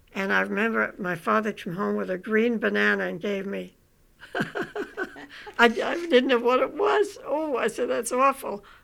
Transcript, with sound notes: And I remember my father came home with a green banana and gave me. (They laugh.) I didn't know what it was. "Ooh", I said, "that's awful."